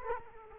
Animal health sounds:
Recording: mosquito wingbeat signal from an infrared sensor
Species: Culex quinquefasciatus

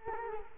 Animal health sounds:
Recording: mosquito wingbeat signal from an infrared sensor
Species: Culex quinquefasciatus

